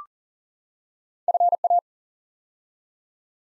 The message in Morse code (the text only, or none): FA